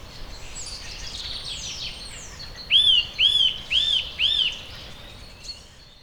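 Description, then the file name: Eurasian nuthatch calling: four loud, arched whistled notes in quick succession midway through, after faint high chirps and a soft background hiss. "Sitta europaea"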